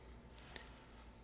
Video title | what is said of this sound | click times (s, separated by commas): Regulating A Seiko And Pagani Design As Accurately As A Rolex? | pop that out now | 0.4 s, 0.6 s